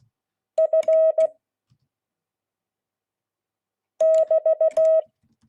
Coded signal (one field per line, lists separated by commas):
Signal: Morse code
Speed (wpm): 16 wpm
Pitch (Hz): 640 Hz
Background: none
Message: F <BT>